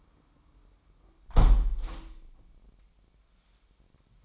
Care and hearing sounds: daily activity, microphone in the room; close window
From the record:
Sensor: 1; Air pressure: 998.6 hPa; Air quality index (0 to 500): 127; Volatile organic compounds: 3 ppm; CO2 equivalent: 1527 ppm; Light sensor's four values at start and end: 9/20/8/10 and 8/20/8/10

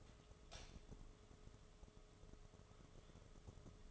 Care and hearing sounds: daily activity, microphone in the room; light on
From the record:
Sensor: 4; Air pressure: 1011.1 hPa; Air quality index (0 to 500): 146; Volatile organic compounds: 3 ppm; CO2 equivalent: 1498 ppm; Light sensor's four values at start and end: 133/349/147/153 and 133/349/147/153

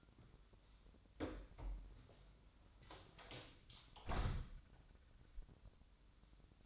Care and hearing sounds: daily activity, microphone in the room; close door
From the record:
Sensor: 3

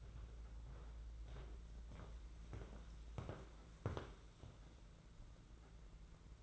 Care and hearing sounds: daily activity, microphone in the room; walk to room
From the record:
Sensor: 3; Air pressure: 992.0 hPa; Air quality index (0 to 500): 228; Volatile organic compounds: 1000 ppm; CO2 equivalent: 7848 ppm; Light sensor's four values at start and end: 25/75/31/26 and 21/61/25/22

